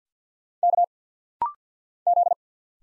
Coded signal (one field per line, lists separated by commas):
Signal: Morse code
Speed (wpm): 50 wpm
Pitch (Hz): 700 Hz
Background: none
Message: K Z